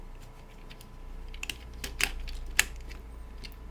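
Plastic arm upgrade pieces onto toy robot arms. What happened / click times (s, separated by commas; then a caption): The plastic piece snapped into place / 2.6 s. Plastic arm upgrade pieces from a FansProject City Commander Classics Ultra Magnus upgrade kit are slid onto the toy robot's arms, with a few light plastic clicks and taps around 1.4–2.0 s. A sharp, loud snap at 2.6 s marks the arm pieces seating in place, confirmed.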